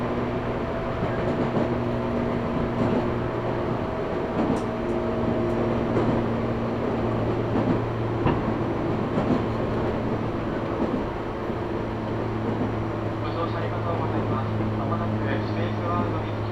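A train running on the Kagoshima and Chikuho Main Lines between Kyushu Institute of Technology and Honjo, with a steady, even rumble and a low motor hum holding several pitched tones throughout. Occasional clicks and knocks break through, and faint voices murmur underneath.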